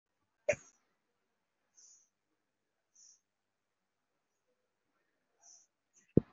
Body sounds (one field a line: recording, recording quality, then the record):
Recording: shallow breathing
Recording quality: excellent, no background noise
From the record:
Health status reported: respiratory illness, not identified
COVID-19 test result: negative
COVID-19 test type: RT-PCR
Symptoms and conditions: cough, sore throat, fatigue, muscle pain, asthma, chronic lung disease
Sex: female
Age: 33 years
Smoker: no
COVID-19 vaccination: one dose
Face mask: worn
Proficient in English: no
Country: India